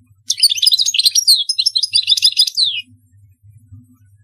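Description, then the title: European goldfinch song, a hurried stream of high, jingling chirps and slurred notes ending with a downward slide, then quiet. "Chant Chardonneret"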